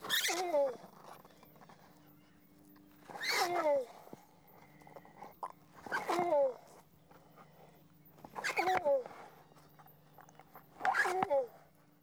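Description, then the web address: Giant tortoise calls: five harsh, wheezing bursts with falling tones, about one every two and a half seconds, over a steady low hum. Seychelles. "BBC Sound Effects Library. Seychelles Tortoice Mati"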